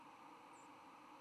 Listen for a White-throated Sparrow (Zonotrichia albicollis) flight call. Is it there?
yes